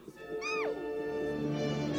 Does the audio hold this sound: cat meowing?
yes